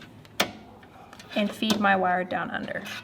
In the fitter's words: and then i'm going to take this little black piece that you pop into place right here